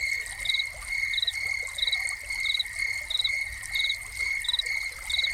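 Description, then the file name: Crickets chirping in short pulsed bursts at a steady beat over a steady high buzzing drone, with soft trickling water underneath. Crickets recorded together with a fountain. "Crickets and Fountain"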